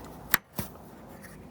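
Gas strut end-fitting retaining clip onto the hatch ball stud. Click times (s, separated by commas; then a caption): 0.3 s. The metal retaining clip on the end of a new hatch gas strut (lift support) is slid down over the hatch ball stud, giving a sharp click at 0.3 s and a softer, duller sound at 0.6 s. The clip clicks into place and is seated.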